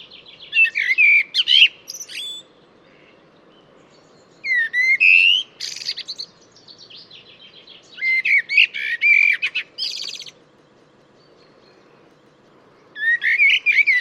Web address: cianscape birddata Deverinetal 2025 Bird Only Tu Me Tu Me